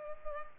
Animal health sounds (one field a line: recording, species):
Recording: mosquito wingbeat signal from an infrared sensor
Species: Culex pipiens